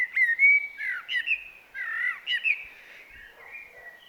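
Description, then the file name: Common blackbird song of rolling, mellow whistled notes in several short bursts, with slurred downward and upward turns and a fading soft ending. "Turdus merula"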